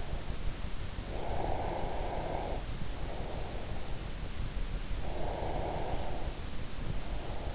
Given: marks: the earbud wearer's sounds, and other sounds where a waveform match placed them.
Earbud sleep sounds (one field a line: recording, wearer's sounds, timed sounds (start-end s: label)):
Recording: sounds in sleep by an in-ear microphone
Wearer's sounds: breath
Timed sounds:
0.98-3.67 s: breath
4.87-7.55 s: breath